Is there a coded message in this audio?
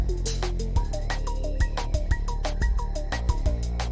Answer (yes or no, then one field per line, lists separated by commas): no